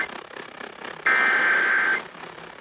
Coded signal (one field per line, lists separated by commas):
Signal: Emergency Alert System (SAME) tones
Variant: header bursts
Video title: EAS #2877 Severe Thunderstorm Warning on WZOK